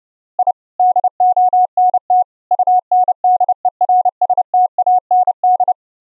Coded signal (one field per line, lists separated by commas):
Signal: Morse code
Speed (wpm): 30 wpm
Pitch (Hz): 730 Hz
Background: none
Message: I DONT UNDERSTAND